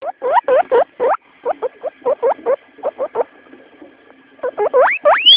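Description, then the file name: Guinea pig squeaking in short chirps, some rising, in uneven bursts with a brief lull, ending in louder upward-sweeping whistles. Alarm call. "cuy allert"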